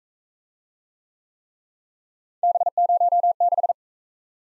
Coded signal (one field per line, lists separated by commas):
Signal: Morse code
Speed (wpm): 38 wpm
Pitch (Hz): 700 Hz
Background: none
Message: B06